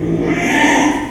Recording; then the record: squeal of a Yucatan mini pig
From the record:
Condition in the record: after surgery on the right vocal fold (resection and tissue-engineered implant); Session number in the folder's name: 3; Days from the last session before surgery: 33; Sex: male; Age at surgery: 12 weeks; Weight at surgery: 13 kg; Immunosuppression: cyclosporine, prednisolone